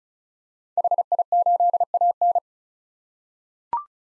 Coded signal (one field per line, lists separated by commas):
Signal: Morse code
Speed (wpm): 36 wpm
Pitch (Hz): 700 Hz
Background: none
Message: HI8AN